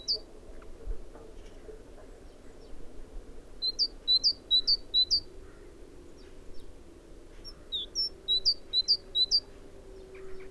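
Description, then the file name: Great tit delivering repeated high-low whistled phrases in two bursts, with faint other bird notes and steady low background noise. "Parus major"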